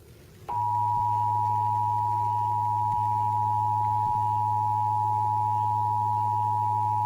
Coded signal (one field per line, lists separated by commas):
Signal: Emergency Alert System (SAME) tones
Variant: 853 and 960 Hz attention tone